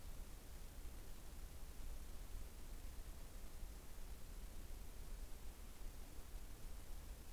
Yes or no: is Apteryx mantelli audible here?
no